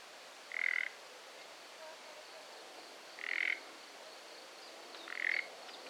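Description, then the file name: Common nightingale croaking calls: three short, harsh, rasping notes spaced two to three seconds apart over a steady background hiss. "Luscinia megarhynchos"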